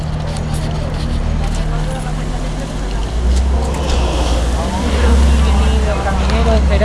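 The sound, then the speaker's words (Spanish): Heavy trucks waiting in line idle with a deep, steady diesel rumble that swells slightly partway through, while people talk over the continuous engine drone. “Esperando, aquí se van a mover todos los camiones en espera.”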